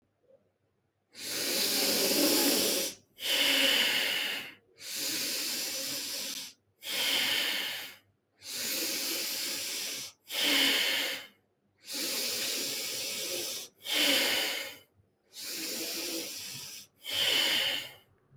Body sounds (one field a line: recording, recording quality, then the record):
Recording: deep breathing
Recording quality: excellent, no background noise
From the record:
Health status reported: COVID-19 positive, mild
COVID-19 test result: positive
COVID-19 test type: RT-PCR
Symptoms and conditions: cough, sore throat, loss of smell and taste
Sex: male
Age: 24 years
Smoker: yes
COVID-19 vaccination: both doses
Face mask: not worn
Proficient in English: yes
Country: India